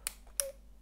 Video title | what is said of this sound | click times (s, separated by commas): 🌺 Makeup bla-bla avec que des nouveautés green 🥰 Absolution, Rms, Kjaer Weis, 100% pure...🌺 | a le petit clic donc j'aime beaucoup et je | 0.4 s